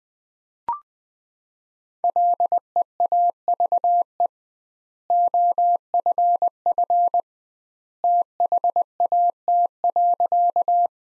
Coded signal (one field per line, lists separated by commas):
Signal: Morse code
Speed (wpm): 20 wpm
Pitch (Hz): 700 Hz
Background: none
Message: LEAVE OFF THAT.